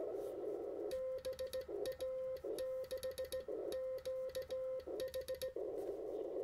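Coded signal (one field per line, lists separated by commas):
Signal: Morse code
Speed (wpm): 17 wpm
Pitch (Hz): 520 Hz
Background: music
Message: BA6QH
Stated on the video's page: QRP CW contact on a NorCal 40A transceiver.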